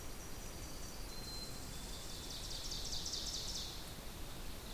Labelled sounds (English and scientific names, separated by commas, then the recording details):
Ovenbird (Seiurus aurocapilla) song
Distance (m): 70 m
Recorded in boreal forest in Alberta, Canada, on 2 June 2016 at 08:03
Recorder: SongMeter 3, array SBT-3-7
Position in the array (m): 191 m, 1 m
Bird 6